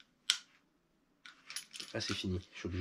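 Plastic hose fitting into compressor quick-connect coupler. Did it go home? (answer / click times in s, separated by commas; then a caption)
yes / 0.3 s. A plastic hose fitting bought at a DIY store is pushed into the quick-connect coupler of a VEVOR twin-cylinder oil-free air compressor and locks in with a sharp, clear click at 0.3 s. After about a second of quiet, someone talks.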